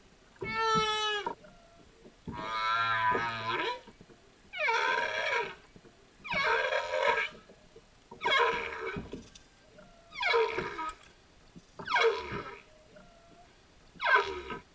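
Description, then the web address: Humpback whale song: a harmonic cry followed by a series of rough, pulsed units repeated about every two seconds. "Epidemic Sound Albums. Whale Song Humpback"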